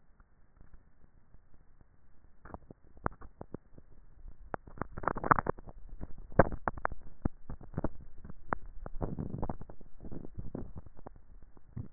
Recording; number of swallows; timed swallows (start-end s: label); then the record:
swallowing sounds by neck microphone; 2
6.28-7.02 s: swallow
10.17-11.15 s: swallow
From the record:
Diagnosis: dysphagia